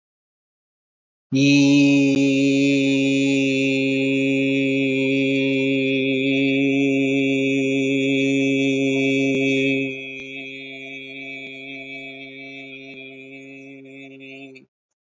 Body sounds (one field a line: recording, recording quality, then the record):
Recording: sustained vowel as in beet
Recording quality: excellent, no background noise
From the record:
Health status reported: healthy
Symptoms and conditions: none ticked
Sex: male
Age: 55 years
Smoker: not ticked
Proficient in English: yes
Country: India